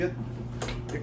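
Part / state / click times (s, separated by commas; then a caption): plastic strap buckle on a folding pad / seated / 0.6 s. Someone talks while folding a pad and pushing its plastic strap buckle together. A single sharp click at 0.6 s marks the buckle engaging and seating in place.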